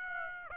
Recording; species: mosquito wingbeat signal from an infrared sensor; Aedes aegypti